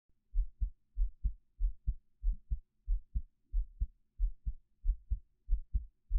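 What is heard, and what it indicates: Steady paired low thumps, lub-dub, at roughly 95 beats a minute: an adult's own heartbeat heard close up through a 3Dio binaural microphone, with no talking.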